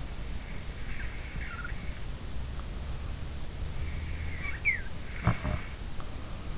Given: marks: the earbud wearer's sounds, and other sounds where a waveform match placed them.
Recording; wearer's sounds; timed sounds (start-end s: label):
sounds in sleep by an in-ear microphone; snoring breath
0.78-1.84 s: snoring breath
3.93-5.66 s: snoring breath